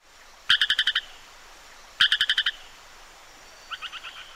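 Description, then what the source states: Striped stream frog call: short trains of about six quick, evenly spaced clicking pulses, repeated three times over a few seconds, the last train fainter. Played as a mystery sound; said to sound much like the Gutmann's stream frog.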